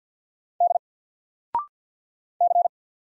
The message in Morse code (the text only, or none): D C